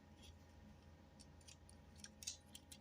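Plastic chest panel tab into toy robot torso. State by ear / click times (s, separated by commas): not seated / none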